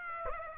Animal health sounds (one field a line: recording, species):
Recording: mosquito wingbeat signal from an infrared sensor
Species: Aedes aegypti